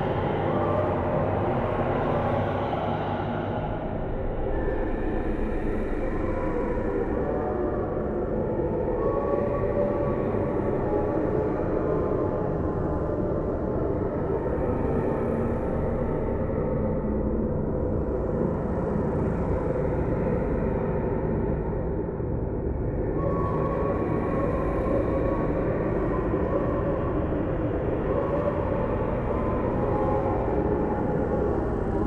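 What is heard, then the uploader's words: A horror ambience built on a thick, unbroken low rumble, like a train or heavy machinery, holding level for the full length. Faint tones hover in the middle above it, and the upper hiss swells and fades slowly about every five seconds. Horror Ambience.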